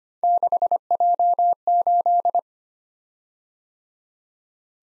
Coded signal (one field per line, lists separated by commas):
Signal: Morse code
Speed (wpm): 25 wpm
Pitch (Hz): 700 Hz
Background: none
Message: 6J8